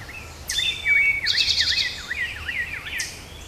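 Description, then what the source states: Unidentified bird giving a quick series of repeated downslurred whistles, overlapping a short buzzy trill and a couple of high sharp notes. Unidentified bird recorded in woods on 25 June 2010.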